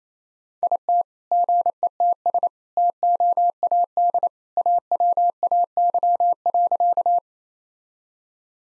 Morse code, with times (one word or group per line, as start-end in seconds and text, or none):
0.6-1.0 IT
1.3-2.5 GETS
2.8-4.3 TOAD
4.6-7.2 AWAY.